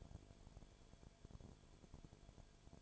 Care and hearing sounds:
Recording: daily activity, microphone in the room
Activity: no activity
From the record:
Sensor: 5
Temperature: 19.9 degrees Celsius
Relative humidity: 35.6%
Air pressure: 1003.4 hPa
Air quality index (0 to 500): 56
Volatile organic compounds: 1 ppm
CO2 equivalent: 634 ppm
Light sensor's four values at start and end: 2/3/1/1 and 2/3/1/1

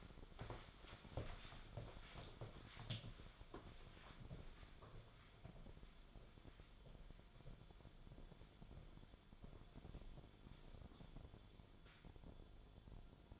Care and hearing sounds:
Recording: daily activity, microphone in the room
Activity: walk to room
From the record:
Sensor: 5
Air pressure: 1010.2 hPa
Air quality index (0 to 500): 137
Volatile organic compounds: 3 ppm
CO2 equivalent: 1337 ppm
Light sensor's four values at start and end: 269/651/280/312 and 262/655/274/301

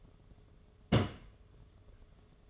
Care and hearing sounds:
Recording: daily activity, microphone in the room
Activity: place on stove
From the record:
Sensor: 4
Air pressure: 1011.1 hPa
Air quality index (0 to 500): 144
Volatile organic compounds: 3 ppm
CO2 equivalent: 1479 ppm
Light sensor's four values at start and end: 180/470/199/207 and 180/468/198/206

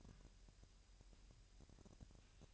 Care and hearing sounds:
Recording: daily activity, microphone in the room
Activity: take from stove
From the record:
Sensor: 2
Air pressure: 1001.8 hPa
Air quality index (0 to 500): 240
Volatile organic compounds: 31 ppm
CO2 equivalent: 2978 ppm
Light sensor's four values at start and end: 5/11/4/5 and 5/11/4/5

